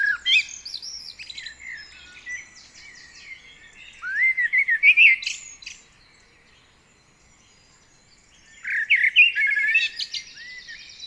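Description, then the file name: Common blackbird warbling in loud phrases of mellow slurred notes mixed with high chattering twitters, a silent stretch, then another phrase. "Turdus merula"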